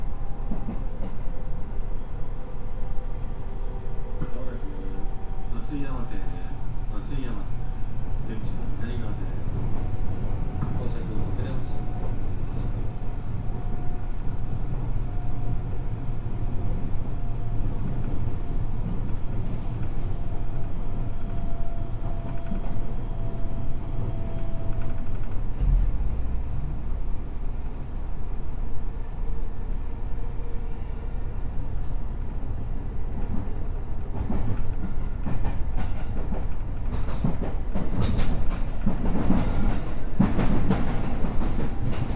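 Running sound aboard a JR West 207 series train on a Gakkentoshi Line rapid service. A steady low rumble and whine fill the whole recording, with a faint tone gliding early on and a sharp click near 26 seconds. Rattling and clattering grow busier toward the end.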